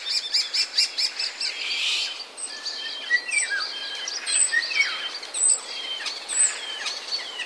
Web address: wroblowe ptaki sturnus vulgaris. wroblowe ptaki szpak